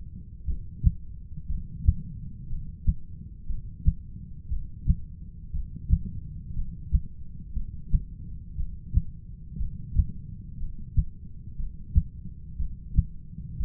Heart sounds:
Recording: heart sounds by stethoscope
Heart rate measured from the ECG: 59 bpm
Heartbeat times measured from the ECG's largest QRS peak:
0.45 s: heartbeat
1.47 s: heartbeat
2.48 s: heartbeat
3.47 s: heartbeat
4.49 s: heartbeat
5.52 s: heartbeat
6.54 s: heartbeat
7.54 s: heartbeat
8.56 s: heartbeat
9.58 s: heartbeat
10.58 s: heartbeat
11.57 s: heartbeat
12.57 s: heartbeat
13.58 s: heartbeat
From the record:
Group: heart failure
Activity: rest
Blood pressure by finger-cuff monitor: 113/75 mmHg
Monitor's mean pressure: 89 mmHg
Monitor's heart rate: 60 bpm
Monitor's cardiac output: 6.5 L/min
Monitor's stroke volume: 109 mL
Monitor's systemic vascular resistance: 1010 dyn s/cm5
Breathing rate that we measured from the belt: 15 breaths a minute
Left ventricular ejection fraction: 25%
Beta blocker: metoprolol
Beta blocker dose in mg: 62.5 twice daily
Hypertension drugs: ramipril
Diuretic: furosemide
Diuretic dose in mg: 40 twice daily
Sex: male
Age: 57 years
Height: 180 cm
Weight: 90.5 kg

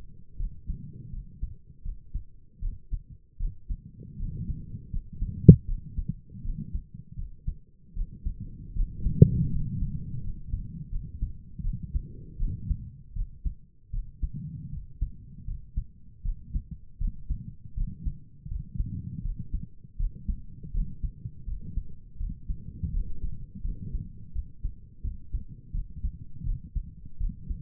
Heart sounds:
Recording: heart sounds by stethoscope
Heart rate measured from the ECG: 81 bpm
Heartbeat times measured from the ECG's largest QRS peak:
0.38 s: heartbeat
1.12 s: heartbeat
1.84 s: heartbeat
2.61 s: heartbeat
3.39 s: heartbeat
4.18 s: heartbeat
4.91 s: heartbeat
5.67 s: heartbeat
6.43 s: heartbeat
7.17 s: heartbeat
7.95 s: heartbeat
8.75 s: heartbeat
9.51 s: heartbeat
10.22 s: heartbeat
10.91 s: heartbeat
11.63 s: heartbeat
12.38 s: heartbeat
13.15 s: heartbeat
13.92 s: heartbeat
14.71 s: heartbeat
15.46 s: heartbeat
16.24 s: heartbeat
16.99 s: heartbeat
17.76 s: heartbeat
18.49 s: heartbeat
19.23 s: heartbeat
19.98 s: heartbeat
20.73 s: heartbeat
21.46 s: heartbeat
22.19 s: heartbeat
22.92 s: heartbeat
23.63 s: heartbeat
24.34 s: heartbeat
25.03 s: heartbeat
25.73 s: heartbeat
26.45 s: heartbeat
27.19 s: heartbeat
From the record:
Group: healthy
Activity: rest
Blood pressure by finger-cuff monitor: 97/65 mmHg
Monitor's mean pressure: 73 mmHg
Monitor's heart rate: 81 bpm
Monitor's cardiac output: 6.1 L/min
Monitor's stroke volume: 76 mL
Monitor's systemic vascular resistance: 860 dyn s/cm5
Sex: female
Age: 22 years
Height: 163 cm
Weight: 67.1 kg

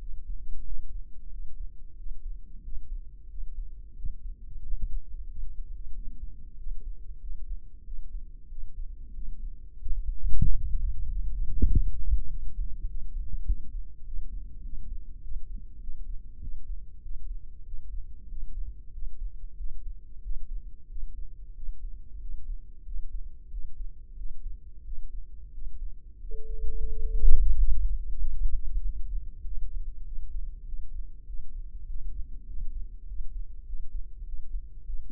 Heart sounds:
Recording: heart sounds by microphone in the left ear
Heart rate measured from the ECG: 95 bpm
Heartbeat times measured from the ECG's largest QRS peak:
0.01 s: heartbeat
0.67 s: heartbeat
1.33 s: heartbeat
1.99 s: heartbeat
2.65 s: heartbeat
3.31 s: heartbeat
3.97 s: heartbeat
4.65 s: heartbeat
5.31 s: heartbeat
5.95 s: heartbeat
6.59 s: heartbeat
7.22 s: heartbeat
7.86 s: heartbeat
8.51 s: heartbeat
9.16 s: heartbeat
9.80 s: heartbeat
10.45 s: heartbeat
11.09 s: heartbeat
11.70 s: heartbeat
12.30 s: heartbeat
12.89 s: heartbeat
13.48 s: heartbeat
14.07 s: heartbeat
14.65 s: heartbeat
15.24 s: heartbeat
15.82 s: heartbeat
16.42 s: heartbeat
17.04 s: heartbeat
17.67 s: heartbeat
18.31 s: heartbeat
18.95 s: heartbeat
19.59 s: heartbeat
20.24 s: heartbeat
20.91 s: heartbeat
21.56 s: heartbeat
22.22 s: heartbeat
22.87 s: heartbeat
23.52 s: heartbeat
24.18 s: heartbeat
24.86 s: heartbeat
25.54 s: heartbeat
26.22 s: heartbeat
26.90 s: heartbeat
27.57 s: heartbeat
28.21 s: heartbeat
28.84 s: heartbeat
29.45 s: heartbeat
30.06 s: heartbeat
30.67 s: heartbeat
31.28 s: heartbeat
31.89 s: heartbeat
32.49 s: heartbeat
33.08 s: heartbeat
33.68 s: heartbeat
34.27 s: heartbeat
34.87 s: heartbeat
From the record:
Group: healthy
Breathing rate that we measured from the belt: 17 breaths a minute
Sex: male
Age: 21 years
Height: 175 cm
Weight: 72.6 kg

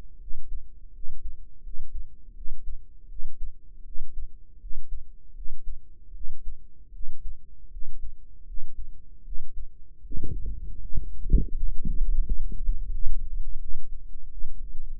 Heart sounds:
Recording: heart sounds by microphone in the right ear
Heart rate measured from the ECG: 81 bpm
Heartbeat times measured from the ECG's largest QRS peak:
0.17 s: heartbeat
0.91 s: heartbeat
1.61 s: heartbeat
2.33 s: heartbeat
3.06 s: heartbeat
3.82 s: heartbeat
4.58 s: heartbeat
5.32 s: heartbeat
6.11 s: heartbeat
6.90 s: heartbeat
7.69 s: heartbeat
8.44 s: heartbeat
9.22 s: heartbeat
10.01 s: heartbeat
10.79 s: heartbeat
11.52 s: heartbeat
12.21 s: heartbeat
12.89 s: heartbeat
13.58 s: heartbeat
14.28 s: heartbeat
14.97 s: heartbeat
From the record:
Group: healthy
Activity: rest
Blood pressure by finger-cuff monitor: 108/73 mmHg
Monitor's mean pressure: 83 mmHg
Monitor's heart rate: 80 bpm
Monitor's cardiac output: 5.8 L/min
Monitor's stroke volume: 74 mL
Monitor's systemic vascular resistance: 1050 dyn s/cm5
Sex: female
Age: 22 years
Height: 160 cm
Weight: 45 kg

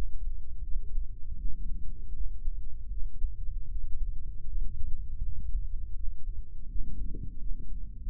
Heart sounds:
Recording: heart sounds by microphone in the right ear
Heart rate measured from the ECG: 81 bpm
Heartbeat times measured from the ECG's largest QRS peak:
0.63 s: heartbeat
1.37 s: heartbeat
2.13 s: heartbeat
2.90 s: heartbeat
3.68 s: heartbeat
4.45 s: heartbeat
5.21 s: heartbeat
5.95 s: heartbeat
6.67 s: heartbeat
7.39 s: heartbeat
8.07 s: heartbeat
From the record:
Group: healthy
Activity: rest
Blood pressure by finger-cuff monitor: 157/87 mmHg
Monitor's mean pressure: 104 mmHg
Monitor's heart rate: 81 bpm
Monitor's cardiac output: 7.8 L/min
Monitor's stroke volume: 96 mL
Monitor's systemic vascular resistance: 980 dyn s/cm5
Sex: male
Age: 57 years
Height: 188 cm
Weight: 106 kg

